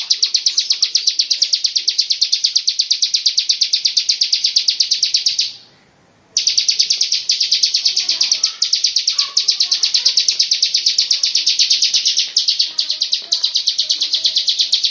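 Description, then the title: Lovebird ngekek song, a sustained stream of rapid high-pitched chattering notes, broken by one short silence, then continuing steadily to the end. Long "ngekek" song style. "Lovebird Ngekek Panjang Ciblek"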